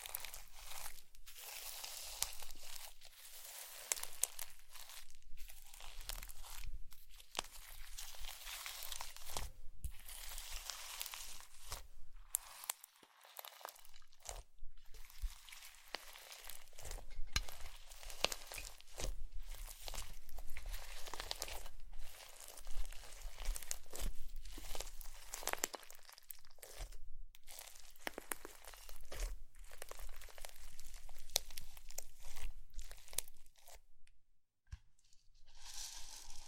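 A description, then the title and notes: ASMR slime being squeezed and crunched, with dense, steady crackling and crinkling textures, bright squishy bursts, and brief pauses near 13, 26 and 35 seconds. ASMR Slime - SO Satisfying - ( No Talking).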